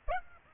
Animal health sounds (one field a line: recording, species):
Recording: mosquito wingbeat signal from an infrared sensor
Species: Aedes aegypti